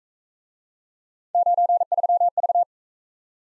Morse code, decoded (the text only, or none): 93V